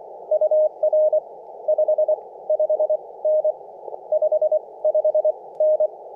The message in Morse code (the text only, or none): UR 55N 55N